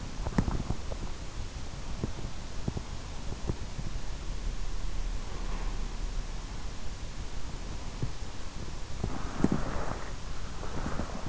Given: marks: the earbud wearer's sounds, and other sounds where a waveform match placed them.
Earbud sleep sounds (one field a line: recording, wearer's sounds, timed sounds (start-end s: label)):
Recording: sounds in sleep by an in-ear microphone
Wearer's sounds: body movement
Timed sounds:
0.00-7.59 s: body movement
8.76-11.29 s: body movement